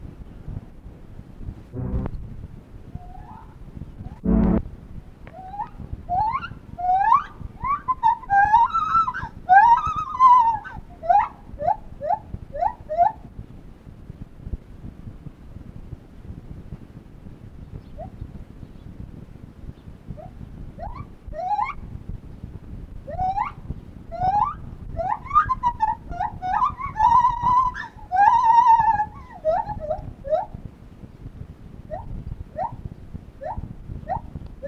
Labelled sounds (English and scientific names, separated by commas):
Lar Gibbon (Hylobates lar)